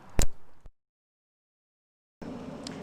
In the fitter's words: Push until you hear a snap.